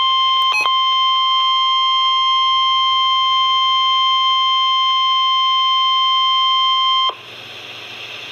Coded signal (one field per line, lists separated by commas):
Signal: Emergency Alert System (SAME) tones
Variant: 1050 Hz attention tone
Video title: Required Weekly Test - 06/15/11 (EAS #106)